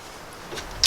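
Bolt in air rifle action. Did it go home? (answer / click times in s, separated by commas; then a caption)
yes / 0.8 s. The metal bolt of an Umarex Air Saber air rifle is worked back in the action to cock it. A quiet background with soft rustling from about 0.5 s leads to a sharp, loud metallic click at 0.8 s. The bolt clicks fully back and is seated.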